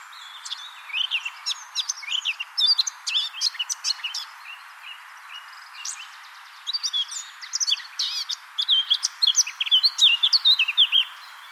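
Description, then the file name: Eurasian blackcap song: fast, scratchy chattering notes in bursts with brief pauses, a longer pause around the sixth and seventh seconds, then a busier run. "Sylvia atricapilla"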